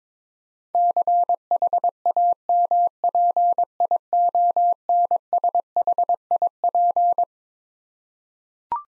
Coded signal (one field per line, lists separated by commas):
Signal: Morse code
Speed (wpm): 21 wpm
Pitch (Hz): 700 Hz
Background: none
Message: CHAMPIONSHIP